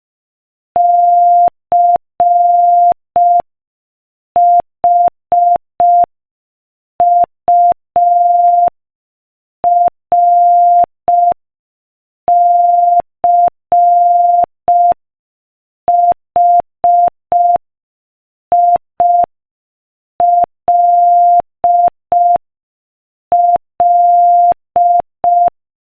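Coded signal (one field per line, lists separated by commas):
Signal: Morse code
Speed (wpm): 5 wpm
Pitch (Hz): 700 Hz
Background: none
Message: CHURCHILL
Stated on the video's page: Morse code practice at 5 wpm.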